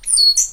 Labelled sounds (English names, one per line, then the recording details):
Stitchbird song
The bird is a male
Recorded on Tiritiri Matangi Island, New Zealand, in 2005
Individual 12, of nest box 16